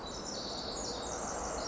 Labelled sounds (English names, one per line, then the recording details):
Pacific Wren
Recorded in Sonoma County, California